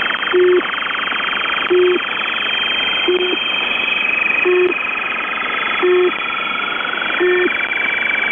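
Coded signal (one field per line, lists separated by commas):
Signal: channel marker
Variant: UVB-76 (The Buzzer)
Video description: UVB-76 or The Buzzer is an Russian Military Station 4625kHz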